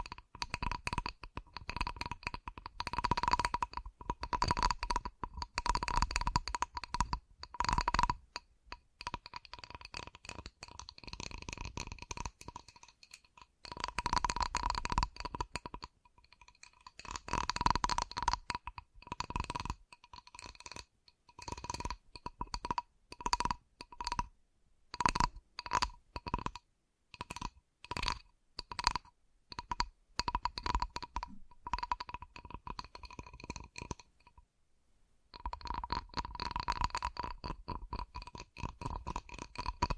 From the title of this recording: ASMR 10 Levels of Tapping